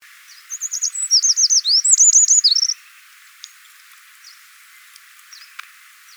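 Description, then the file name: Eurasian wren with a brief burst of rapid, high twittering notes lasting about two seconds, followed by faint scattered ticks. "Troglodytes troglodytes"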